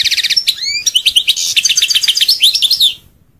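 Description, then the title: European goldfinch song: fast tinkling notes, a pair of rising slurred whistles, then a dense run of chattering trills that stops abruptly. "Chant Chardonneret"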